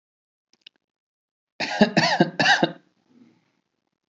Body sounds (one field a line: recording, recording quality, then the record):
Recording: shallow voluntary cough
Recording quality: excellent, no background noise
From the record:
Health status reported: healthy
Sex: male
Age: 29 years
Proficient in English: yes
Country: India